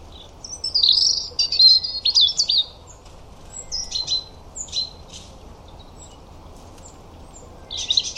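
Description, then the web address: European robin song: rapid high warbled phrases with thin whistles and trills, in bursts separated by pauses, over a steady low background hiss. "Deverinetal 2025 File origin Bird Only Er Ru"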